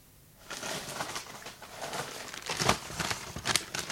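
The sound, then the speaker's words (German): Dry papery rustling and crinkling as a stack of grey envelopes is shuffled and handled, with irregular crisp bursts and a couple of sharper crackles, no voices. “Was ist denn das? Ein Stapel von grauen Umschlägen?”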